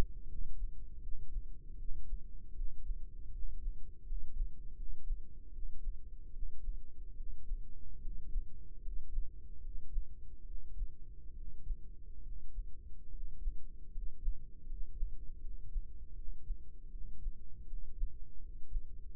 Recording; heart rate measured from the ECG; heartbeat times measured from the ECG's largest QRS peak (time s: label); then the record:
heart sounds by microphone in the right ear; 76 bpm
0.27 s: heartbeat
1.01 s: heartbeat
1.77 s: heartbeat
2.54 s: heartbeat
3.30 s: heartbeat
4.04 s: heartbeat
4.75 s: heartbeat
5.51 s: heartbeat
6.31 s: heartbeat
7.15 s: heartbeat
7.99 s: heartbeat
8.80 s: heartbeat
9.59 s: heartbeat
10.44 s: heartbeat
11.33 s: heartbeat
12.21 s: heartbeat
13.09 s: heartbeat
13.90 s: heartbeat
14.64 s: heartbeat
15.39 s: heartbeat
16.13 s: heartbeat
16.90 s: heartbeat
17.65 s: heartbeat
18.39 s: heartbeat
19.14 s: heartbeat
From the record:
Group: healthy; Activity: rest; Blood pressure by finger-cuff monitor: 97/59 mmHg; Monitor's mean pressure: 69 mmHg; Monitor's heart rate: 78 bpm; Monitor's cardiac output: 5.2 L/min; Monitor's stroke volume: 71 mL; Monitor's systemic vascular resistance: 940 dyn s/cm5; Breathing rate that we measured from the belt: 13 breaths a minute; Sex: male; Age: 20 years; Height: 167 cm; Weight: 61 kg